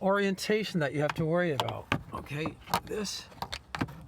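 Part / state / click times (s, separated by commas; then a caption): plastic snap-in trim piece into the sunroof frame of a car / seated / 3.5 s, 3.8 s. While someone talks, a plastic trim piece with snap clips is pressed into the sunroof frame of a 2008 Toyota Corolla during work on a leaking sunroof. Sharp plastic snaps are heard at about 3.5 s and 3.8 s as the piece seats into place.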